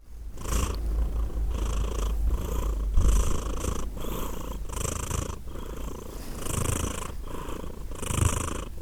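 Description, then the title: Cat purring, a steady low rumble swelling and fading in breath cycles roughly every second, with soft airy noise on each cycle. Cat named Edith purring; Glasgow, Scotland; December 2023. "Edith purring, Glasgow, Scotland in December 2023 – by Steve Urquhart"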